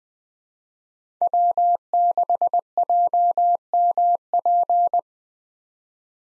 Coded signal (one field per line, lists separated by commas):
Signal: Morse code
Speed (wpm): 21 wpm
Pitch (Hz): 700 Hz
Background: none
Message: W6JMP